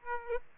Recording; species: mosquito wingbeat signal from an infrared sensor; Aedes aegypti